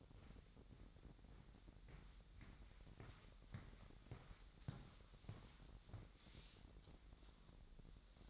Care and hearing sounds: daily activity, microphone in the room; walk to room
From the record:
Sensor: 3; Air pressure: 1012.2 hPa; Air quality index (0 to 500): 164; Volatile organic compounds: 2 ppm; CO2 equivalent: 1244 ppm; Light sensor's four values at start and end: 134/318/131/121 and 46/109/48/47

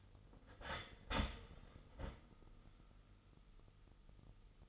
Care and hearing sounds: daily activity, microphone in the room; start toaster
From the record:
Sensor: 4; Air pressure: 989.4 hPa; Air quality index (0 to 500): 216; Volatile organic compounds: 67 ppm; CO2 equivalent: 3492 ppm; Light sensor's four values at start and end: 23/82/30/32 and 23/81/30/31

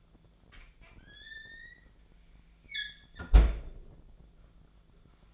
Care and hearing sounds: daily activity, microphone in the room; close fridge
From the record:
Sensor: 5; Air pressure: 1009.8 hPa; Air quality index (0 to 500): 162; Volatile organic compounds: 4 ppm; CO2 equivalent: 1580 ppm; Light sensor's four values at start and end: 115/295/123/132 and 113/291/121/129

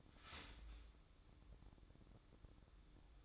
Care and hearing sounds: daily activity, microphone in the room; start toaster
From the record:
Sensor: 3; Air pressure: 1007.1 hPa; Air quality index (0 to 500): 55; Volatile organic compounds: 1 ppm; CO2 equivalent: 594 ppm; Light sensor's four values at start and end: 7/17/7/7 and 7/17/7/7

